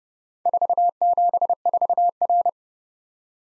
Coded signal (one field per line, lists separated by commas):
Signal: Morse code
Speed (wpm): 31 wpm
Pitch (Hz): 700 Hz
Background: none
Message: 474R